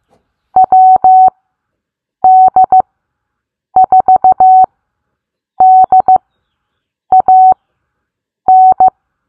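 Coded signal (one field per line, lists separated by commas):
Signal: Morse code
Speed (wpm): 15 wpm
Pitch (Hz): 750 Hz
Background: none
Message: WD4DAN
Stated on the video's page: Morse code callsign bingo game; callsigns sent at set speeds for copying practice.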